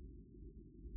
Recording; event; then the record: neck accelerometer signal played as sound; no cough (speech, laughter, throat clearing or background)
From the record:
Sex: male